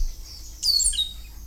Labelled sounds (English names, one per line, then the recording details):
Stitchbird song
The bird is a male
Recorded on Tiritiri Matangi Island, New Zealand, in 2005
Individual 5, of nest box 6